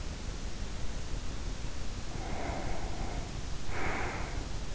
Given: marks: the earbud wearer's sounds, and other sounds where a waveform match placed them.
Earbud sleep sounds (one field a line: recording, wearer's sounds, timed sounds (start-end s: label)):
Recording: sounds in sleep by an in-ear microphone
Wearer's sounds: breath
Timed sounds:
2.06-4.72 s: breath